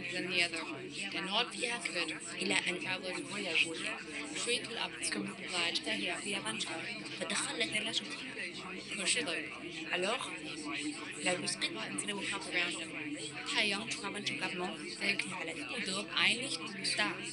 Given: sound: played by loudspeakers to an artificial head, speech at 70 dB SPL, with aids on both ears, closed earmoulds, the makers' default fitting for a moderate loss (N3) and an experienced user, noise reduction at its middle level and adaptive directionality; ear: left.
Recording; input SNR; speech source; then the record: speech test signal (ISTS) in cocktail-party noise; -6 dB; in front (0 degrees)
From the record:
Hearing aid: class 2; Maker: C